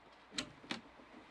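A UV lamp is pushed down into the electrical connector fitting at the top of a UV water disinfection unit, lined up with the tabs on either side. Two sharp clicks are heard at 0.4 s and 0.7 s over quiet background noise. The lamp is seated in the fitting.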